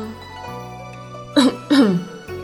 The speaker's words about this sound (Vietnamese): Lúc này, Tự Ảnh ho khan một tiếng.